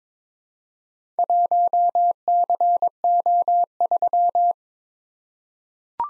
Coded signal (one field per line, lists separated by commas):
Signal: Morse code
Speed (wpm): 22 wpm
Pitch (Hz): 700 Hz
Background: none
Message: 1CO3